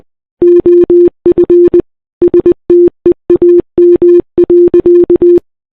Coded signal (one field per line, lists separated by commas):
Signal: Morse code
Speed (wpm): 20 wpm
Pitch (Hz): 350 Hz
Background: none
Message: OF STEAM.